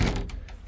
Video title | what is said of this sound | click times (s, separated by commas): "Top of the Line" Luxury RV: 2005 Beaver Marquis | get that locked into place | 0.0 s